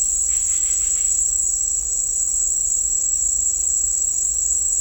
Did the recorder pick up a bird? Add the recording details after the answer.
yes. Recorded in dense forest near Puerto Asís, Putumayo, Colombia, on 16 December 2024 at 09:30. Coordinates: 0.499, -76.324. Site G045